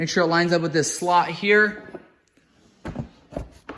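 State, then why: Not seated. A Kawasaki Prairie 700 ATV seat is positioned on the frame so a slot on the seat lines up with a slot on the frame, ahead of sliding it in and shoving the back to latch it. Someone talks for the first two seconds, then faint handling knocks and taps follow around 2.3, 3.0, 3.4 and 3.7 seconds. Nothing has seated or latched yet.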